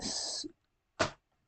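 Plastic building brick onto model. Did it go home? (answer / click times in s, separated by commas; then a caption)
yes / 1.0 s. At the start, a hiss-like sound, possibly someone talking briefly, fades out by 0.5 s. After a short silence, a plastic Lego building brick is pressed hard onto a 2023 Lego UCS X-Wing 75355 model and seats with a sharp click at 1.0 s. It fits in place, though it takes quite a bit of pressure.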